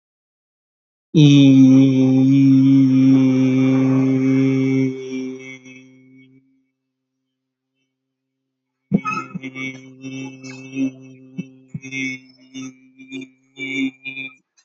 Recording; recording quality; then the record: sustained vowel as in beet; excellent, no background noise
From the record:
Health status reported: healthy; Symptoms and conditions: none ticked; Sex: male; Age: 25 years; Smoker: not ticked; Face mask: not worn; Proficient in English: yes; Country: India